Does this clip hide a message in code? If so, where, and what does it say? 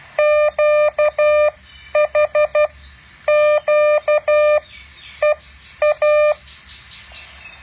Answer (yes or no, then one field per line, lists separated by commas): yes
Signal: Morse code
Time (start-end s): 0.2-6.3 s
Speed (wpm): 12 wpm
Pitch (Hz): 600 Hz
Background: none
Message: QHQEA